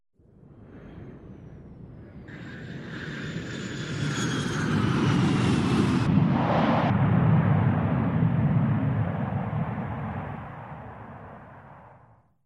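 Steady low airplane engine hum inside the cabin, swelling gradually into a broad roar with a thin high whine over it partway through, then slowly fading. No voices.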